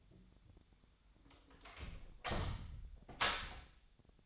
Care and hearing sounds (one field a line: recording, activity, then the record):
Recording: daily activity, microphone in the room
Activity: close door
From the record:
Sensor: 3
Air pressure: 1007.1 hPa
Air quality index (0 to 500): 205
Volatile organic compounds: 18 ppm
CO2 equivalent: 2621 ppm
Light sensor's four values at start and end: 12/28/12/11 and 12/28/11/11